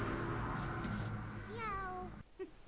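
A cat gives one drawn-out, wavering meow over a steady low rumble, and the rumble drops away before a brief, short second mew.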